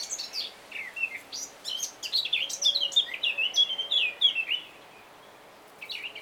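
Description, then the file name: Eurasian blackcap song: a fast, varied warbling phrase of high twittering notes lasting about three seconds, with brief chirps at the start and end. "Sylvia atricapilla"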